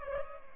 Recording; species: mosquito wingbeat signal from an infrared sensor; Culex pipiens